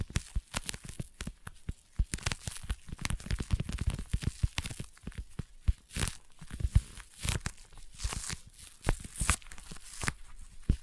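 Sticky tapping fills the clip with rapid, uneven taps and short peeling, tearing sounds, some crisp and bright, others duller and thumpier. The sounds come in dense bursts with brief quieter gaps, and a few louder snaps stand out around the sixth and seventh seconds.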